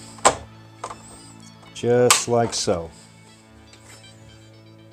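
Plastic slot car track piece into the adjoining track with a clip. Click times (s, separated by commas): 0.8 s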